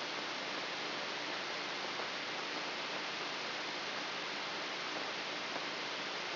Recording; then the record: brain microelectrode recording played as sound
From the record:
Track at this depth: outside the subthalamic nucleus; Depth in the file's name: 7.897 mm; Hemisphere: left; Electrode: 3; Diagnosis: Parkinson's disease